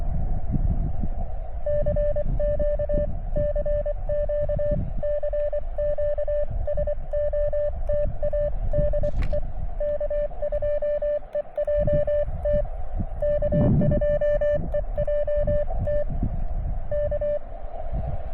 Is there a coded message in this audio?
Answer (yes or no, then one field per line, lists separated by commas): yes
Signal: Morse code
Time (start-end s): 1.7-17.4 s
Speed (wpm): 24 wpm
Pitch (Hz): 590 Hz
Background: radio noise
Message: CQ CQ CQ SOTA DE K2EJT K2EJT K